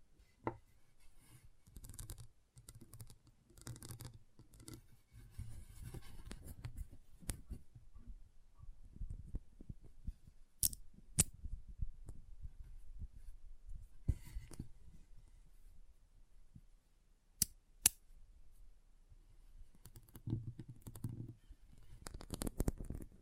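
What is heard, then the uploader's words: Intense magnetic tingles come through as a steady run of low rumbling scrapes and crackly, scratchy rustling that swells and fades. Sharp bright snaps cut through now and then, in close pairs near the middle and again later, with a few brief near-quiet gaps. ASMR Intense Magnetic Tingles (No Talking).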